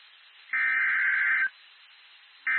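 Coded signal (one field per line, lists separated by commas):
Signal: Emergency Alert System (SAME) tones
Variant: header bursts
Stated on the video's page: Flash flood warning for Lubbock County, Texas, from NOAA Weather Radio station WXK79 Lubbock.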